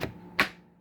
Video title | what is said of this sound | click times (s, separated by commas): How Easy It Is To Build A Keter Storage Cabinet! | there we go got the lock that time | 0.4 s